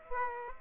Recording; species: mosquito wingbeat signal from an infrared sensor; Aedes aegypti